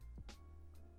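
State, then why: Not seated. A metal jump ring in a chainmaille chain is handled with pliers, being closed so its two ends meet flush. Brief soft metallic rustles sit over a steady low hum and faint tonal background, with a small rise in level at the very end, around 1.0 s. Nothing has clicked or seated yet.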